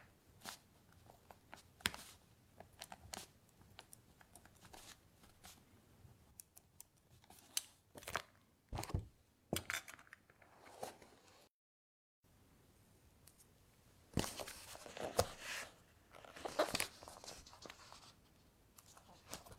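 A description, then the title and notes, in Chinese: Paper handling: rustling, page-turning and scratchy contact sounds come in short, bright bursts scattered irregularly, with quieter stretches between. A brief silent gap falls near the twelve-second mark, after which denser crinkling clusters appear around fifteen to seventeen seconds. 纸音·写字音·翻书音。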